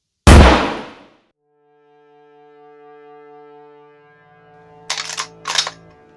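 A sharp, loud rifle shot bursts out and rings away, leaving a low steady tonal hum, then two quick mechanical clacks of a bolt as a man chambers another round and fires a final shot.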